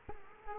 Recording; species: mosquito wingbeat signal from an infrared sensor; Culex quinquefasciatus